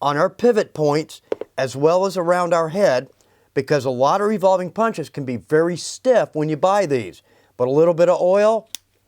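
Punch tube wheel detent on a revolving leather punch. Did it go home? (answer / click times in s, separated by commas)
no / none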